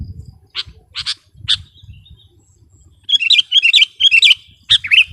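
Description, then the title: Sooty-headed bulbul gives three spaced harsh notes, then a quick flurry of bubbly, liquid warbled phrases, with faint low rumbling at the start. "kutilang"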